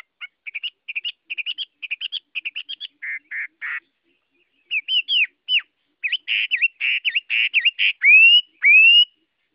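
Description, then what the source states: Chinese hwamei singing a long varied series: quick repeated chirps, harsh buzzy notes, then loud slurred whistles that rise and fall. Hwamei singing in the Vietnamese wild-voice style (giọng rừng).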